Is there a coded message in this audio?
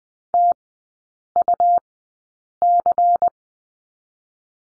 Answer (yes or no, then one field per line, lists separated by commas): yes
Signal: Morse code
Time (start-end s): 0.3-3.3 s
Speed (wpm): 20 wpm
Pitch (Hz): 700 Hz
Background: none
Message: TUC